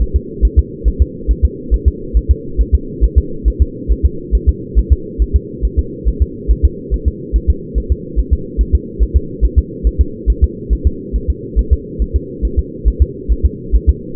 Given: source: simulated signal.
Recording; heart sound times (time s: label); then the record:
fetal heart sounds
0.02 s: S1
0.16 s: S2
0.45 s: S1
0.59 s: S2
0.88 s: S1
1.02 s: S2
1.31 s: S1
1.45 s: S2
1.74 s: S1
1.88 s: S2
2.17 s: S1
2.31 s: S2
2.61 s: S1
2.75 s: S2
3.04 s: S1
3.18 s: S2
3.48 s: S1
3.62 s: S2
3.92 s: S1
4.05 s: S2
4.35 s: S1
4.49 s: S2
4.79 s: S1
4.92 s: S2
5.22 s: S1
5.36 s: S2
5.65 s: S1
5.79 s: S2
6.08 s: S1
6.22 s: S2
6.51 s: S1
6.65 s: S2
6.94 s: S1
7.08 s: S2
7.36 s: S1
7.50 s: S2
7.78 s: S1
7.92 s: S2
8.19 s: S1
8.33 s: S2
8.61 s: S1
8.75 s: S2
9.03 s: S1
9.17 s: S2
9.45 s: S1
9.58 s: S2
9.87 s: S1
10.01 s: S2
10.30 s: S1
10.44 s: S2
10.73 s: S1
10.87 s: S2
11.16 s: S1
11.30 s: S2
11.59 s: S1
11.73 s: S2
12.02 s: S1
12.16 s: S2
12.45 s: S1
12.59 s: S2
12.88 s: S1
13.02 s: S2
13.32 s: S1
13.45 s: S2
13.75 s: S1
13.89 s: S2
From the record:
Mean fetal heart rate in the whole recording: 140 bpm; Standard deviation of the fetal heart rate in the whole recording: 2 bpm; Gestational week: 34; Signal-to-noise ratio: -4.3 dB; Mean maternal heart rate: 72 bpm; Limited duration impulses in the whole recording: absent